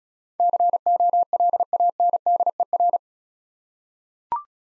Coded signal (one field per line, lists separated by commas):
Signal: Morse code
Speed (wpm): 34 wpm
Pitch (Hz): 700 Hz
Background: none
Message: COLANDER